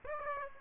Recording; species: mosquito wingbeat signal from an infrared sensor; Aedes aegypti